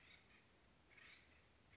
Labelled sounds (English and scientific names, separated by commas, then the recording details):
Acorn Woodpecker (Melanerpes formicivorus)
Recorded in Sonoma County, California